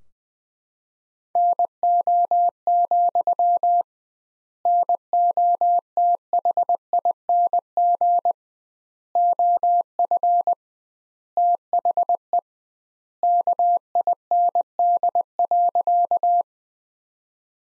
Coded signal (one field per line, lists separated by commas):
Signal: Morse code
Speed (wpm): 20 wpm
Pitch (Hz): 700 Hz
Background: none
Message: NO, NOTHING OF THE KIND.